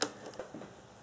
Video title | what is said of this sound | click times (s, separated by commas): How To Test and Replace Intake Air Temperature Sensor P0110 HD | you have a tab right here just push down with your thumb you can hear a click | 0.0 s